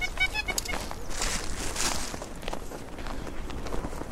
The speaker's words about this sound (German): Die Ente flattert hektisch zurück zu ihren Artgenossen. Sie ist jetzt registriert.